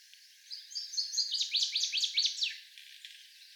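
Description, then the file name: Northern waterthrush song: clear whistled notes building into a fast run of loud, sharply falling phrases, lasting about two seconds against light ambient noise. Seventeen songs. "Northern Waterthrush 17 Songs"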